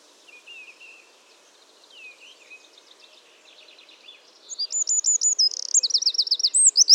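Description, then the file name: Eurasian wren singing: faint high notes at first, then a sudden burst of loud, fast, shrill trills and rattling twitters in the second half. "Troglodytes troglodytes"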